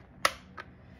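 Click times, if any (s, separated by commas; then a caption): 0.2 s. The plastic lock on the floor head of a cordless Shark Vertex vacuum is unlocked and locked again, giving a sharp, bright click at 0.25 s and a fainter click at 0.60 s. The click at 0.25 s shows the lock has seated, which means it was done correctly.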